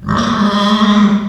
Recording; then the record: squeal of a Yucatan mini pig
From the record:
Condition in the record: after surgery on the right vocal fold (resection and tissue-engineered implant); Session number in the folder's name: 15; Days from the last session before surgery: 175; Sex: female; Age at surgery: 19 weeks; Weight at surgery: 25 kg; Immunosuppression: prednisolone